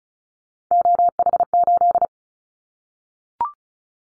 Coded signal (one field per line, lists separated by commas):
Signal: Morse code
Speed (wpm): 34 wpm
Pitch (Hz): 700 Hz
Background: none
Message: OH8